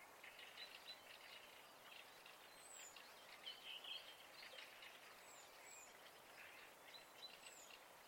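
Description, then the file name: Birds singing softly, overlapping warbled and whistled phrases in the mid-high range, with thin high descending notes scattered above and a steady hiss throughout. Recorded at night in spring. "Fugler Natt Vaar"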